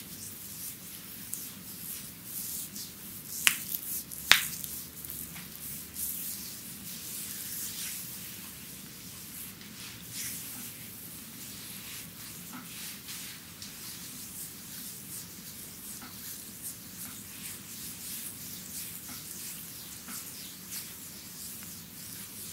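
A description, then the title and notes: Bamboo massage sounds, with a steady bright rustling hiss running throughout and a soft low rumble beneath. Sharp clicks and taps break through now and then, a cluster of crisp snaps near four seconds and lighter ticks scattered later. ASMR Chinese Bamboo Massage.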